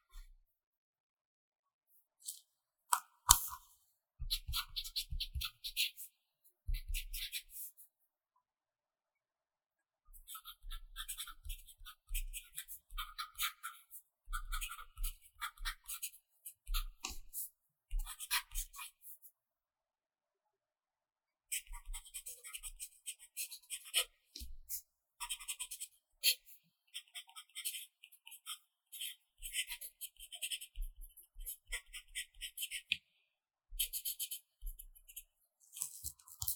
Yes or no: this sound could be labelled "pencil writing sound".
yes